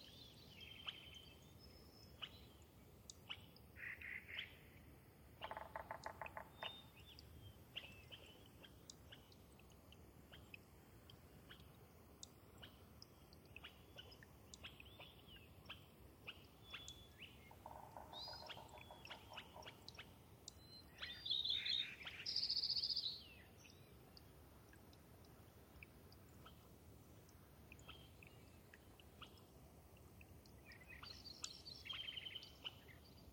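Birdsong rings out over a soft, steady trickle of water in a wet subalpine meadow. Scattered chirps and short trills come throughout, with buzzy rattling bursts near six and nineteen seconds and clear, bright whistled notes around twenty-two seconds.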